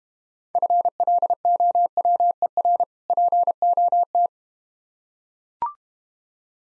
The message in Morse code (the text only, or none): FLOWER POT